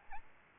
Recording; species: mosquito wingbeat signal from an infrared sensor; Aedes albopictus